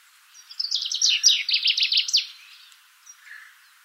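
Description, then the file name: Common chaffinch singing one quick rattling descending trill with a final flourish, then a faint brief call afterward. "Fringilla coelebs"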